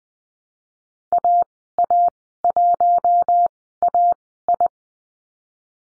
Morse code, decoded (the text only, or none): AA1AI